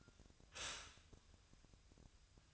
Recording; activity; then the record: daily activity, microphone in the room; stop toaster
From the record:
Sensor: 2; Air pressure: 1001.8 hPa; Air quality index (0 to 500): 245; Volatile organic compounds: 37 ppm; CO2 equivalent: 3089 ppm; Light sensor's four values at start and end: 10/31/12/12 and 10/31/12/12